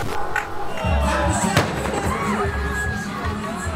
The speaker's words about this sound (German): Eine gewaltige Explosion erschüttert den Versammlungsplatz. Knapp 50 Meter von uns entfernt steigt eine schwarze Rauchwolke hoch. Die Menschen sind konsterniert, viele schockiert. 2 Bomben sind hochgegangen.